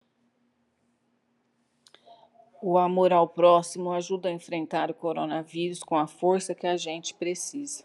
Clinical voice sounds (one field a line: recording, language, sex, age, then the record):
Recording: spoken sentence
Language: Brazilian Portuguese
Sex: female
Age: 50 to 59 years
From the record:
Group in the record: control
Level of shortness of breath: 0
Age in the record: 52 years